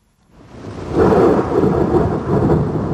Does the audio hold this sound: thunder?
yes